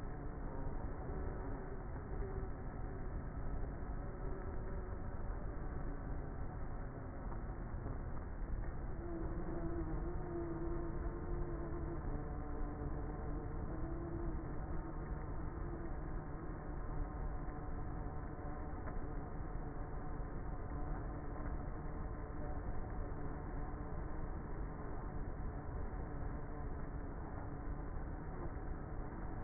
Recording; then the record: honeybee colony, microphone inside the hive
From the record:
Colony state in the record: queenless with a low population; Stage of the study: before two queens were removed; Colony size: about 30,000 bees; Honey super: no